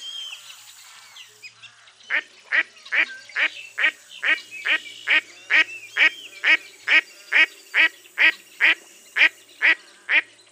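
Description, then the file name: Duck starting quietly, then launching into a loud, very regular series of sharp quacks, about two each second, over near silence. "zvuki glazchatoi kriakvy"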